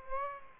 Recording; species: mosquito wingbeat signal from an infrared sensor; Aedes aegypti